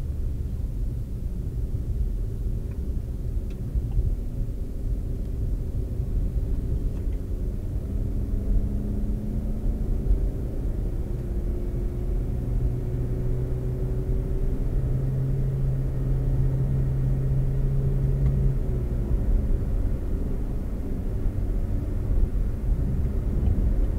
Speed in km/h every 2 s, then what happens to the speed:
34, 37, 42, 45, 52, 55, 60, 63, 66, 69, 71, 71.
0-18 speeds up to 69. 18-24 steady at about 71.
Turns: none.